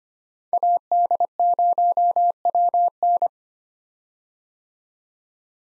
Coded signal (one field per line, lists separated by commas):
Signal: Morse code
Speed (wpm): 25 wpm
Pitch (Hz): 700 Hz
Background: none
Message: AD0WN